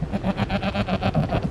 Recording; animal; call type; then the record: contact call of a hoofed animal; goat; low-frequency (closed-mouth) or high-frequency (open-mouth) call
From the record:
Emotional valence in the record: negative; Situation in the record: short social isolation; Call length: 1.51 s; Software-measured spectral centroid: 1670 Hz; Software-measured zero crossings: 1110 a second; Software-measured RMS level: -24 dBFS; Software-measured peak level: -10 dBFS